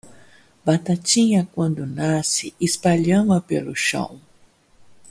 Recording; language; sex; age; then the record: short text; Brazilian Portuguese; female; 60 to 69 years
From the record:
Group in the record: control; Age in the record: 61 years